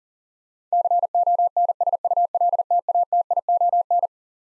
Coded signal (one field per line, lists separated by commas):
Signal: Morse code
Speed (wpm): 37 wpm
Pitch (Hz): 700 Hz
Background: none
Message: CONSULTATION